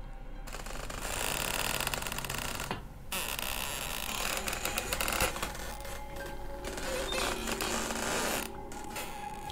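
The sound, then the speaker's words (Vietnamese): A heavy door creaks open slowly as a nurse comes back in, a long grinding, scraping squeal with a brief pause, then more strained creaking and faint metallic rattles until it settles. No one speaks. “Tiếng cánh cửa rít lên nặng nề.”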